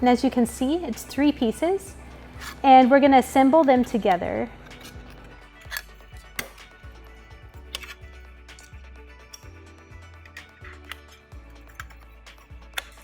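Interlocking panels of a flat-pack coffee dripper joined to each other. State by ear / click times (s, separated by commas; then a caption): seated / 6.4 s, 7.8 s, 10.9 s, 11.8 s, 12.8 s. Someone talks while three flat plastic pieces of a Pourigami flat-pack portable pour-over coffee dripper are assembled by hand, their interlocking panels joined to each other. Sharp, short clicks ring out at about 6.4, 7.8, 10.9, 11.8 and 12.8 seconds as the pieces click into place and the dripper is seated together.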